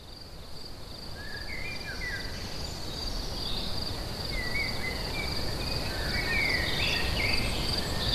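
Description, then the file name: Crickets trill steadily as a high unbroken band, while birds sing short whistled phrases over a low rumbling background. Crickets recorded together with birds at Lacoux on 22 May 2016, recorded with an MZ-N710. "Grillons et oiseaux Lacoux 22 05 16"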